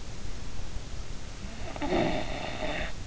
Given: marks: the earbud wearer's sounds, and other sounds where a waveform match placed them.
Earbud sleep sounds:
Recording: sounds in sleep by an in-ear microphone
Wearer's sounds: snoring breath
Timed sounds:
1.33-3.02 s: snoring breath

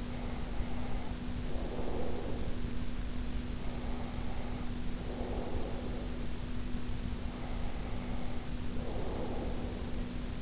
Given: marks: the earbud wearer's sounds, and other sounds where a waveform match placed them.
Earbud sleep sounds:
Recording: sounds in sleep by an in-ear microphone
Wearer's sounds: breath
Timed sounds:
0.00-2.87 s: breath
3.54-6.42 s: breath
7.05-10.42 s: breath

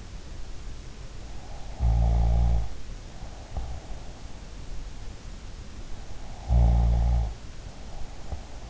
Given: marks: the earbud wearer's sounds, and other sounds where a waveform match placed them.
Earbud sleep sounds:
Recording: sounds in sleep by an in-ear microphone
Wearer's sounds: snoring breath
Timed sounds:
1.43-3.95 s: snoring breath
6.15-8.70 s: snoring breath

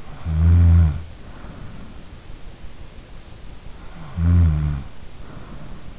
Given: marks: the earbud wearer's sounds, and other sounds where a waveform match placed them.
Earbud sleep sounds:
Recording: sounds in sleep by an in-ear microphone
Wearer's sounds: snoring breath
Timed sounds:
0.18-1.96 s: snoring breath
4.10-5.86 s: snoring breath

